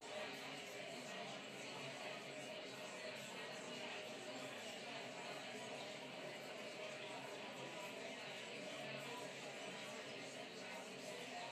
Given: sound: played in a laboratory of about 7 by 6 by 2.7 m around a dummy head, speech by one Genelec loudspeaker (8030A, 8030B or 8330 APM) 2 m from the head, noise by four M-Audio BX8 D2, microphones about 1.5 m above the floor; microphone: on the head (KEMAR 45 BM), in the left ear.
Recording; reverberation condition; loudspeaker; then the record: babble noise; medium; four, about 170 cm from the corners of the room and facing them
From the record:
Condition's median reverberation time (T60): about 510 ms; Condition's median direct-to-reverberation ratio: about -0.5 dB